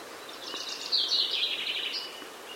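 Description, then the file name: Common chaffinch calling, a high bright chirping and trilling phrase around the middle over steady background hiss. "Fringilla coelebs"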